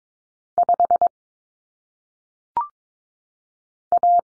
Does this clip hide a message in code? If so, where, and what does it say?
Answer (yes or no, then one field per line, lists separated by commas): yes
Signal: Morse code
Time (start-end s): 0.6-4.2 s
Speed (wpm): 22 wpm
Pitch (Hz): 700 Hz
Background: none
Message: 5 A